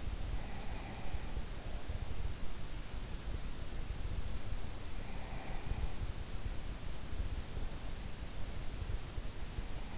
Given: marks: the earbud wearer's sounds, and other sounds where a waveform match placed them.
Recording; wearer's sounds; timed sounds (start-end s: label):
sounds in sleep by an in-ear microphone; breath
0.00-1.39 s: breath
4.12-6.47 s: breath